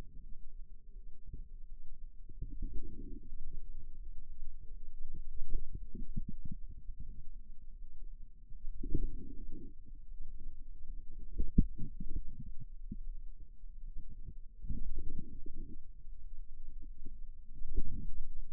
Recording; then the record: forearm muscle sounds (acoustic myography)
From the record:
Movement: radial deviation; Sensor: system 2, bracelet of six BSWA MPA416 microphones around the upper forearm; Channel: 3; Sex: female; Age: 23 years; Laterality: right